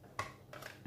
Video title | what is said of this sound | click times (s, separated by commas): Comment utiliser la selphy cp 1300 | hop, et là ça bouge plus, hein. Vous entendez le petit clac, donc c'est que c'est bon. | 0.2 s